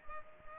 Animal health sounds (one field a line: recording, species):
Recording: mosquito wingbeat signal from an infrared sensor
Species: Culex pipiens